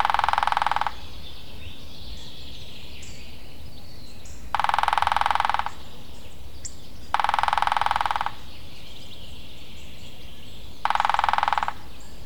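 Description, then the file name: Lesser spotted woodpecker drumming: four even, rapid rolls of about one second each, a few seconds apart. "kis fakopáncs dobolás"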